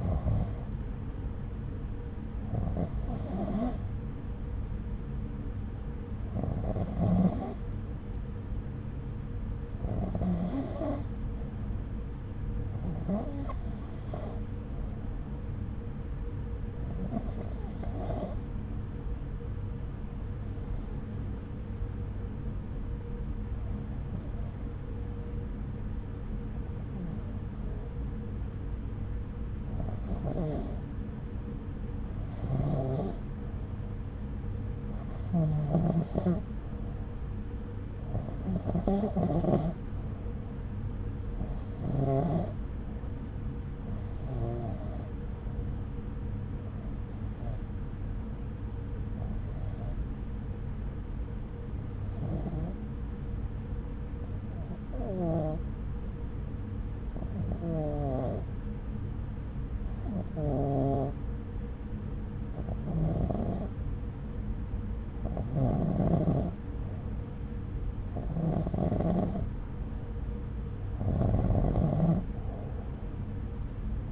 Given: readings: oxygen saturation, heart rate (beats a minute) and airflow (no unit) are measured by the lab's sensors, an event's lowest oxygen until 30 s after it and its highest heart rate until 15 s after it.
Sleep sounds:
breathing in sleep by a smartphone at the bedside; 1
9.00-69.50 s: hypopnea (N1, oxygen 96% highest, then 90% lowest, heart rate 70 at the start, 70 highest)
10.00-74.12 s: new sleep stage, REM sleep
From the record:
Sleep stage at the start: N1 (lightest sleep); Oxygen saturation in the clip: 92 to 96%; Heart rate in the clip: 65 to 71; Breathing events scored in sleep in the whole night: 303 in 8.1 hours asleep

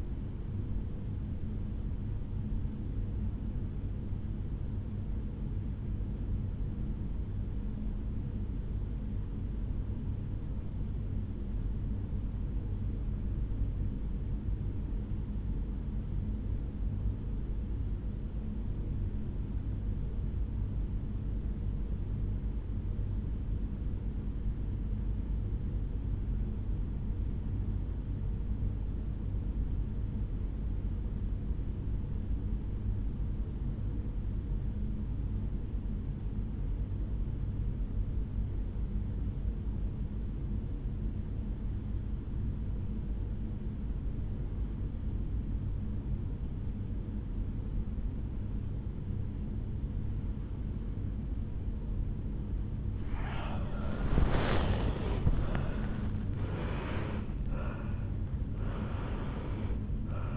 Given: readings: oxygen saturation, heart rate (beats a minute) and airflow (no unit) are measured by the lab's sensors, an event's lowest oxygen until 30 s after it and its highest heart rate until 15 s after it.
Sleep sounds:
breathing in sleep by a smartphone at the bedside; 1
5.00-51.70 s: obstructive apnea (REM, oxygen 88% highest, then 70% lowest, heart rate 66 at the start, 86 highest)
44.00-60.37 s: new sleep stage, N1 (lightest sleep)
From the record:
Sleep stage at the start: REM sleep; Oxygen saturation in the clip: 72 to 90%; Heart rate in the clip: 66 to 86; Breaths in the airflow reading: 3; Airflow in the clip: -13.9 to 8.6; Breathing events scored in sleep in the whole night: 449 in 7.0 hours asleep

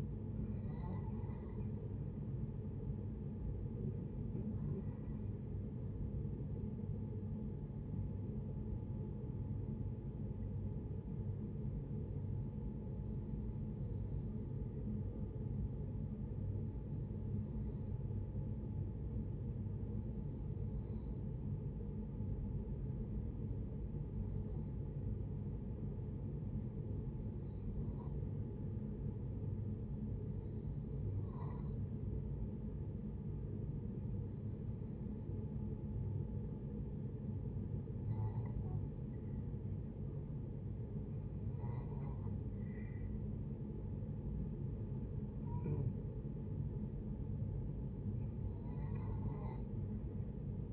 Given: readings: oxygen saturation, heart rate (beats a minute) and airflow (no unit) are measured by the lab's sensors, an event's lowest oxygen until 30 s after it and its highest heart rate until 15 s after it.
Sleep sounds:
breathing in sleep by a smartphone at the bedside; 1
9.00-40.40 s: hypopnea (REM, oxygen 92% highest, then 78% lowest, heart rate 74 at the start, 78 highest)
From the record:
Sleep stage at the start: REM sleep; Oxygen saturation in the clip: 79 to 92%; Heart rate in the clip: 62 to 77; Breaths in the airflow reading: 14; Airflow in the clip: -7.3 to 5.6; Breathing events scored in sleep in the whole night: 496 in 5.4 hours asleep

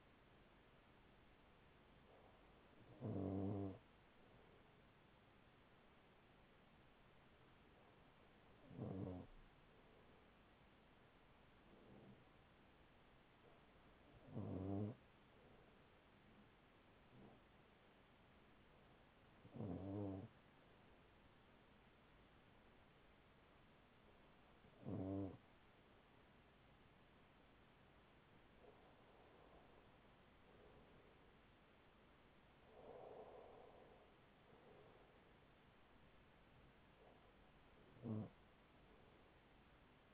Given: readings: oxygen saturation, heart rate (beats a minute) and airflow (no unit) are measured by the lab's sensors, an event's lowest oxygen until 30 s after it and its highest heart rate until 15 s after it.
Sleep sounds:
breathing in sleep by a voice recorder at the bedside; none
38.00-40.14 s: new sleep stage, N1 (lightest sleep)
From the record:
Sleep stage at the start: N2 (light sleep); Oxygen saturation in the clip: 95 to 96%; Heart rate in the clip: 39 to 47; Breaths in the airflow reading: 8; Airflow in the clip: -6.5 to 6.9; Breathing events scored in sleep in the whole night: 207 in 7.6 hours asleep

